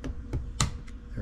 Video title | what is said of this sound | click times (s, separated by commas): Bafang m620 A Look Inside Part 2 | it is you hear it snap time | 0.6 s